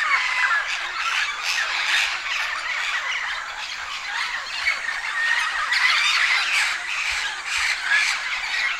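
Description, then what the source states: Amaama pre-roost chorus: many birds squawking and chattering at once in a dense, continuous wall of harsh, overlapping calls with no pauses. Birds gathering before going to roost (pre-roost assembly).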